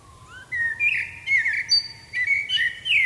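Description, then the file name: Common blackbird pouring out varied, slurred fluting notes and squeaky twitters, with a faint steady low tone underneath. "Turdus merula"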